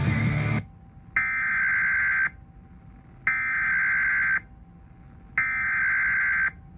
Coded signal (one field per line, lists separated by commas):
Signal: Emergency Alert System (SAME) tones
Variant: header bursts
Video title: EAS number 4 KDSX-LPAM&FM